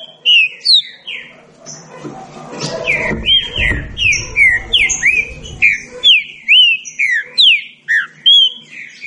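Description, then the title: Green-winged saltator song: sharp, rich whistled notes repeated quickly, with a short burst of low noise in the middle. Birds engaged in a singing dispute. "Trinca Ferro Nicao"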